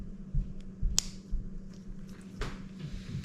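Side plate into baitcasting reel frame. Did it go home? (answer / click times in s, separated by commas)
yes / 1.0 s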